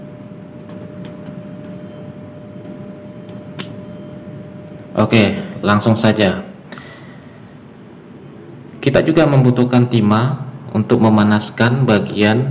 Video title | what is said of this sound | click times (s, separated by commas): CARA MELEPAS KOMPONEN DARI PCB DIY 2201 | pompa atraktor sampai terkunci | 3.6 s